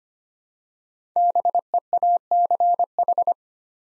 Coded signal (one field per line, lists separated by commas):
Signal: Morse code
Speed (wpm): 25 wpm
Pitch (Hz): 700 Hz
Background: none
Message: BEACH